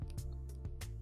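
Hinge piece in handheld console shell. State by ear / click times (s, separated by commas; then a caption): not seated / none. A hinge piece is being turned further in a DS Lite handheld console shell, working toward a second click that confirms it started in the right position. Short, soft handling ticks come at about 0.1, 0.2 and 0.8 s over a steady low tonal background. The clip ends before the part goes home, so nothing has seated or clicked yet.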